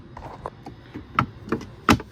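A plastic watertight cell-phone compartment door for a Kawasaki Ultra 160 and Ultra 310 jet ski is fitted into its compartment frame, one end inserted first, then bent slightly and pressed in. Soft handling rustles lead to sharp plastic snaps at 1.2 s and 1.9 s. The cover seats in its frame with a tight seal.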